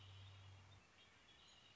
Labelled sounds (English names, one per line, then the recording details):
Red-winged Blackbird
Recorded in Sonoma County, California